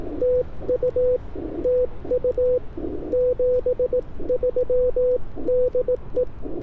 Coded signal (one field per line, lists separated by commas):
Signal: Morse code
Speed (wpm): 19 wpm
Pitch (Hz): 500 Hz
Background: none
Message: TU TU 73 DE